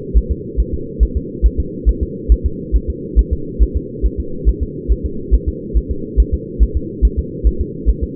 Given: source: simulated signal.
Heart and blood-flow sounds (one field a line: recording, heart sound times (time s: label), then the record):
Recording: fetal heart sounds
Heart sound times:
0.17 s: S1
0.31 s: S2
0.60 s: S1
0.74 s: S2
1.03 s: S1
1.17 s: S2
1.46 s: S1
1.60 s: S2
1.89 s: S1
2.03 s: S2
2.32 s: S1
2.46 s: S2
2.76 s: S1
2.90 s: S2
3.19 s: S1
3.33 s: S2
3.62 s: S1
3.77 s: S2
4.06 s: S1
4.20 s: S2
4.49 s: S1
4.63 s: S2
4.92 s: S1
5.06 s: S2
5.34 s: S1
5.48 s: S2
5.77 s: S1
5.91 s: S2
6.20 s: S1
6.34 s: S2
6.63 s: S1
6.77 s: S2
7.05 s: S1
7.19 s: S2
7.47 s: S1
7.61 s: S2
7.89 s: S1
8.03 s: S2
From the record:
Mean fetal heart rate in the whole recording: 140 bpm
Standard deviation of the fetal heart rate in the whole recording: 2 bpm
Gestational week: 34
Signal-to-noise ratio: -4.3 dB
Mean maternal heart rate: 72 bpm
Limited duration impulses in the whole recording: absent